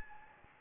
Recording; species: mosquito wingbeat signal from an infrared sensor; Anopheles gambiae